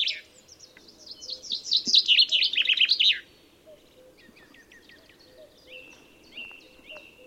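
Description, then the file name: Common chaffinch song: a bright, rapid run of notes ending with a flourish, followed by thin calls from other birds and soft low notes. "Fringilla coelebs"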